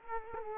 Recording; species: mosquito wingbeat signal from an infrared sensor; Culex quinquefasciatus